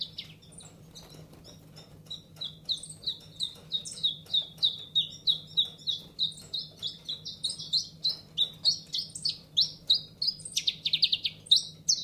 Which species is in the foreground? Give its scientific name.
Phylloscopus collybita